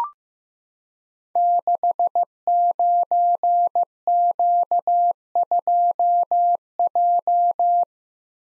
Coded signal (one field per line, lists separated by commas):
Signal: Morse code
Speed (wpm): 15 wpm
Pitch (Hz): 700 Hz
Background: none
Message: 69Q2J